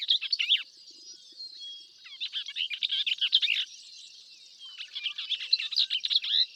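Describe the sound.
Bell's vireo singing quick, harsh, jumbled phrases of clustered notes in three bursts separated by short pauses, over a persistent high-pitched background tone.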